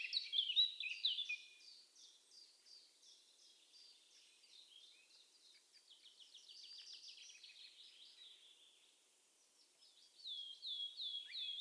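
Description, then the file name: Eurasian blackcap, fast scratchy chattering notes that fade, then a brief warbling burst at the end. "Sylvia atricapilla"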